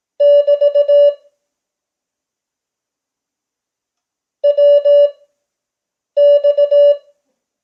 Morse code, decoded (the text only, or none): <BT> WX